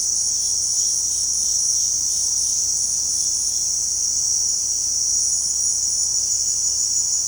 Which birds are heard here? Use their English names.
none